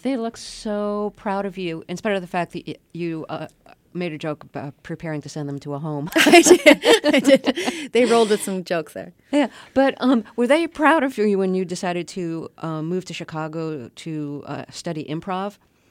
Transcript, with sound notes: They looked so proud of you, in spite of the fact that you made a joke about preparing to send them to a home.
[SOUNDBITE OF LAUGHTER]
I did. They rolled with some jokes there.
Yeah. But were they proud of you when you decided to move to Chicago to study improv?